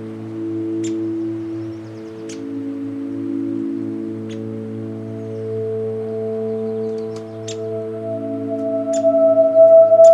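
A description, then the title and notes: A recording from Patagonia Lake State Park in SE Arizona: a steady low hum with several sustained ringing tones layered above it, like a singing bowl. Brief sharp ticks land every second or two, and a higher tone swells louder in the last seconds. Patagonia Lake State Park in SE Arizona.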